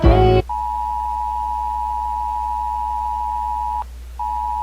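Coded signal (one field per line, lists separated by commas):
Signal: Emergency Alert System (SAME) tones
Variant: 853 and 960 Hz attention tone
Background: music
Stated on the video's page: Fictional UK EAS scenario, simulated with TTS voice and processed with a VHS effect.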